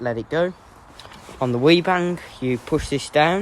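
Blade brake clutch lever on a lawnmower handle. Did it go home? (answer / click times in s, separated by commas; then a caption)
no / none. On a Weibang Legacy 48 Pro lawnmower, the blade brake clutch lever on the handle is pushed down to engage the blade drive while someone talks throughout. Nothing has clicked or latched yet by the end of the clip.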